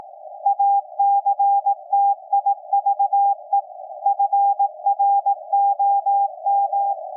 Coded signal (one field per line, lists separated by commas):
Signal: Morse code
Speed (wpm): 18 wpm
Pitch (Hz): 800 Hz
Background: none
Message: ACTIVE FROM